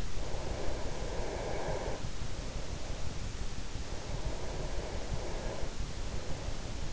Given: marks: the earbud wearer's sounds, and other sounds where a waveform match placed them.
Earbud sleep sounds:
sounds in sleep by an in-ear microphone; breath
0.00-2.92 s: breath
3.94-6.90 s: breath

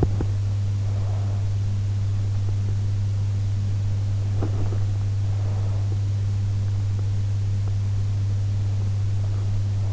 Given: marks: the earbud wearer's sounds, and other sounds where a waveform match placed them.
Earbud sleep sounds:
sounds in sleep by an in-ear microphone; teeth grinding
0.00-0.32 s: teeth grinding
4.38-4.86 s: teeth grinding
5.19-5.92 s: teeth grinding

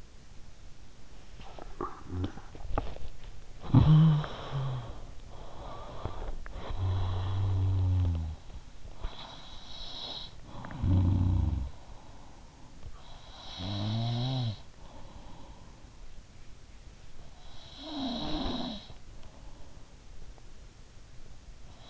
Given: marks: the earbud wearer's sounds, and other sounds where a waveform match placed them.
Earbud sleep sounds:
sounds in sleep by an in-ear microphone; snoring breath
1.44-6.52 s: snoring breath
6.53-21.02 s: snoring breath
21.02-21.90 s: snoring breath

